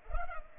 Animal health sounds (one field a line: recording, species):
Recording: mosquito wingbeat signal from an infrared sensor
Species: Culex pipiens